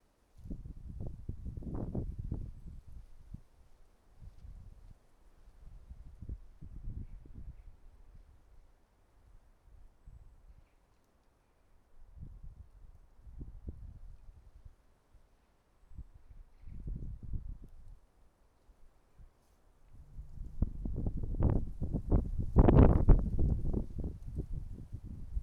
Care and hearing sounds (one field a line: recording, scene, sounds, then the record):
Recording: everyday scene through a hearing-aid microphone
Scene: wind on the microphone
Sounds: wind, traffic, birds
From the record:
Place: suburban garden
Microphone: behind the ear, right, rear